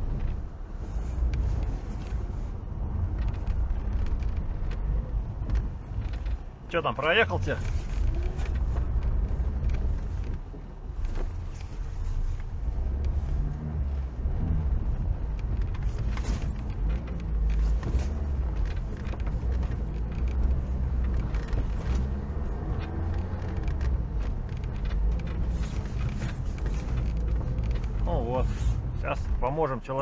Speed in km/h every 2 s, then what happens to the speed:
0, 0, 6, 6, 0, 0, 0, 0, 0, 0, 3, 4, 5, 4, 6.
0-2 standing. 2-5 pulls away to 6. 8-19 standing. 19-30 steady at about 4.